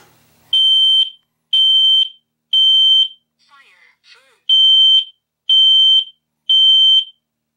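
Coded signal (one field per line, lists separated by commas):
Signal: alarm pattern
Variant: combination smoke/CO alarm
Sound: three shrill high beeps, short electronic voice, then three more shrill beeps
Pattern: temporal three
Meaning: Alarm self-test sounding the smoke-alarm pattern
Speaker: it actually is a talking one I just told your ears here might be a little loud when I tested go into test mode here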